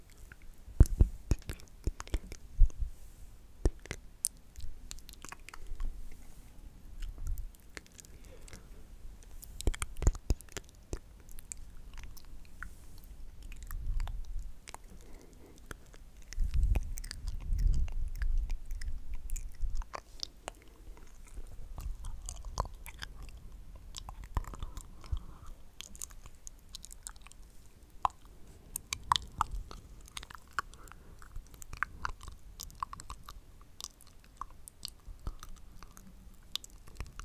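Intense mouth sounds: wet clicks, smacks and chewing-like squishes arrive in quick irregular bursts throughout. Sharp crisp ticks stand out near the start and around ten seconds, with soft low thumps and breathy pauses between.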